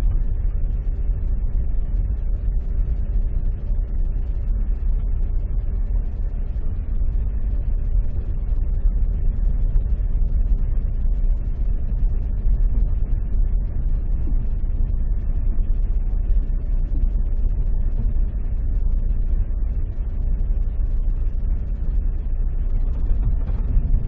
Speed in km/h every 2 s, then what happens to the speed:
7, 8, 8, 8, 8, 8, 8, 8, 8, 7, 7, 8.
0-24 steady at about 8.